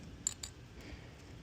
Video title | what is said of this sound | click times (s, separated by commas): POV - How to Rebuild a Watts 009M2 1-1/4" RPZ Backflow Preventer - Every Step Explained | You'll feel the cover kind of pop into place. | 0.3 s, 0.4 s